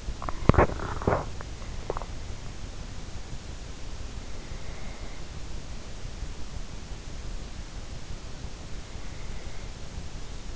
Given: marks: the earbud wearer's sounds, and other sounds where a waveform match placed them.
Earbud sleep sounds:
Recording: sounds in sleep by an in-ear microphone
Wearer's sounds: body movement, swallowing, breath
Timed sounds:
0.00-2.19 s: body movement
0.14-0.42 s: swallowing
1.83-2.19 s: swallowing
4.33-5.85 s: breath
8.81-10.56 s: breath

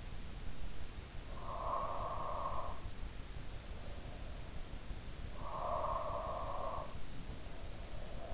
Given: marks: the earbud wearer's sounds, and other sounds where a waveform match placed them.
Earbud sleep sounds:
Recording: sounds in sleep by an in-ear microphone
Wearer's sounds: snoring breath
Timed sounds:
1.46-2.83 s: snoring breath
5.32-8.34 s: snoring breath

